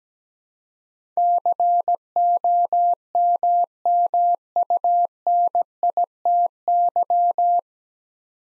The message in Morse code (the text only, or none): COMMUNITY